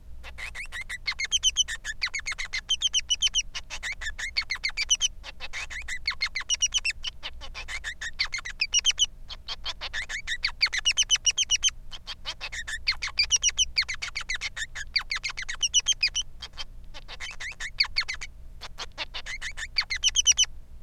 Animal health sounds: song of a male Bengalese finch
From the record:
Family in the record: son of father 3

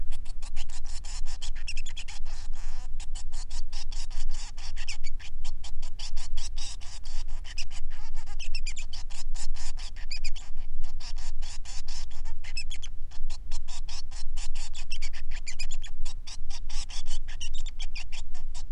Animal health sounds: song of a male Bengalese finch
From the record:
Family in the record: son of father 3

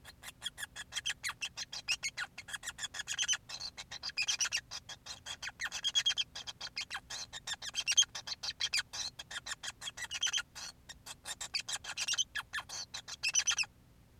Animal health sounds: song of a male Bengalese finch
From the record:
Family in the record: son of father 5

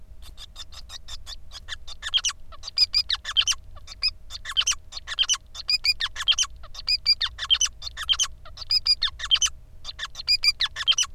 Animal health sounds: song of a male Bengalese finch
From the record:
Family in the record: son of father 5

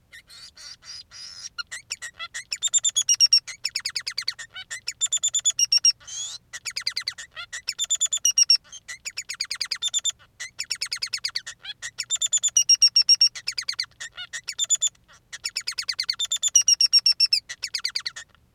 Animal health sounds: song of a male Bengalese finch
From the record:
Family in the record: son of father 3

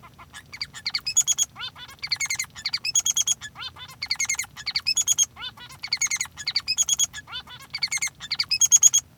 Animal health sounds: song of a male Bengalese finch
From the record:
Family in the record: son of father 3

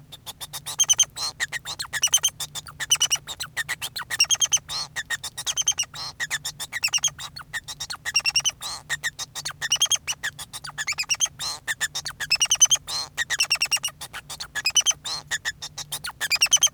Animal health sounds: song of a male Bengalese finch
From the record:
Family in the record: son of father 2

